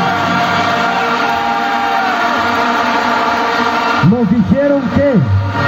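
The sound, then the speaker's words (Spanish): A large crowd at a march in Quito, Ecuador roars and applauds in a dense, steady wash of noise for about four seconds, then a single loud voice rises over the fading cheers. “Quiero que me den un aplauso así, pero desde el chungo a los barrios de Quito.”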